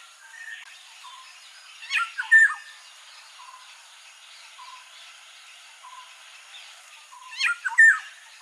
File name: Black hooded Oriole